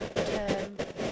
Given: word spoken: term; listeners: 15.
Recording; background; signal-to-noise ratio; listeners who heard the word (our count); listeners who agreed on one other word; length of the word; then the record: one English word in noise, from a listening test; noise modulated by three-talker babble; -4.5 dB; 5 of 15; 10 of 15; 0.72 s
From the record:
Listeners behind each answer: 10, 5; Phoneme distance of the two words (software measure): 10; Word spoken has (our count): 1 syllable, 3 phonemes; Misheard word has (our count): 1 syllable, 3 phonemes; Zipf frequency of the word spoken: 5.05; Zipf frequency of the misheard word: 5.45